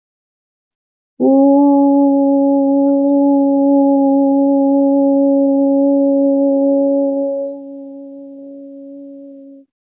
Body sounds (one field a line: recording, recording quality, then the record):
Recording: sustained vowel as in boot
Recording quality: excellent, no background noise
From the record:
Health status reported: healthy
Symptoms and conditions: diabetes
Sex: female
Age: 41 years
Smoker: not ticked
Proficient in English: yes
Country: Canada